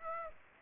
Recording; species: mosquito wingbeat signal from an infrared sensor; Aedes aegypti